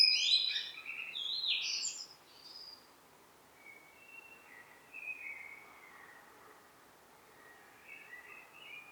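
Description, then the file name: Common blackbird song phrases: a louder fluty warble with high twittering in the first two seconds, then quieter, softer phrases trailing off. "Turdus merula"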